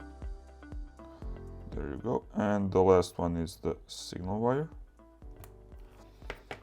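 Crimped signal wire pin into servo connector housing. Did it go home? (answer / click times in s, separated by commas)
yes / 6.3 s, 6.5 s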